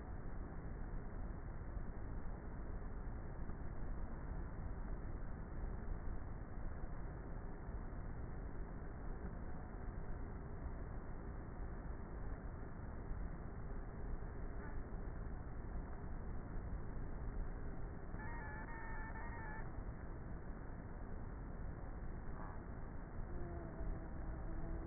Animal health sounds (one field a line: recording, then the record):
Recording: honeybee colony, microphone inside the hive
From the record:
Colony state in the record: queenless with a low population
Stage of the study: before two queens were removed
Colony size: about 30,000 bees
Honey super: no